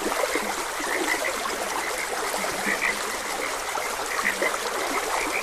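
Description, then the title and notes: Frogs croaking in overlapping bursts, several bright notes clustered together and some deeper croaks, over the continuous rush of a small stream. Frogs croaking beside a gentle stream. "Gentle Stream and Frogs Croaking. Sleep and Relaxation Podcast"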